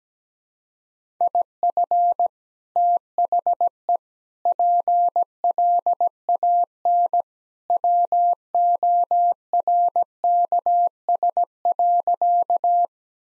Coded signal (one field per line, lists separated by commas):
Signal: Morse code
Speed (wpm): 17 wpm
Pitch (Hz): 700 Hz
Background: none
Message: IF THE PLAN WORKS.